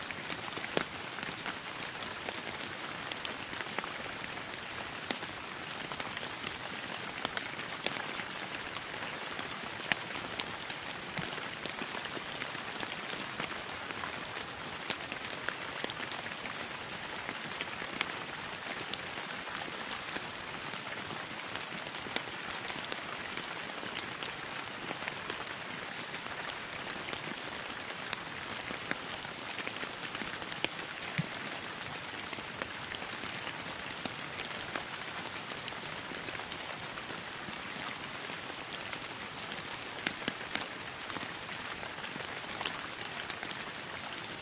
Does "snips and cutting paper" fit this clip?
no